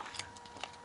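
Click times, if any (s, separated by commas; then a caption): none. While a Nokia C7 phone is being reassembled, a small flex-cable plug is pressed toward its board socket with a little push. Only faint handling ticks are heard around 0.2 s and 0.6 s over a steady high-pitched hum. The clip ends before the plug goes home, and nothing has seated or clicked yet.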